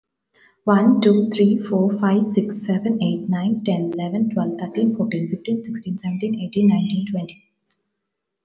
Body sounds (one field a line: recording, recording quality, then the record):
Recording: counting at a fast pace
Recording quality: excellent, no background noise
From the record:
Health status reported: healthy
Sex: female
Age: 31 years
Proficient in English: yes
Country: India